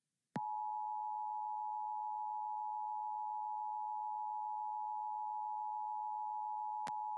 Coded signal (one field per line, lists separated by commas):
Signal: Emergency Alert System (SAME) tones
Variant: 853 and 960 Hz attention tone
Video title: Severe Thunderstorm Warning On GDEAS 5/17/21 (EAS #588)